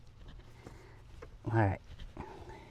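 An all-weather rubber floor mat's retention clip is handled over the floor retention pin in a 2025 Chevy Silverado 2500HD, with a few faint taps and rustles while someone talks briefly. Nothing has seated or clicked yet.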